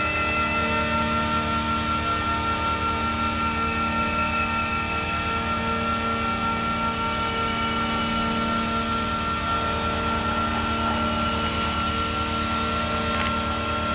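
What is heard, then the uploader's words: Electromagnetic signals from a Piccadilly Line tube train running between Green Park and Holborn come through as a dense, steady drone. Many fixed whining tones hold throughout, with a rapid low pulsing underneath and brief bright whistles near the start and around eight seconds. The signals were captured with the use of an EM coil pick up. Recordings of EM signals produced by a Piccadilly Line tube train travailing between Green Park and Holborn stations.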